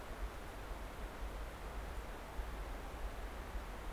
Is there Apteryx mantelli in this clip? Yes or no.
no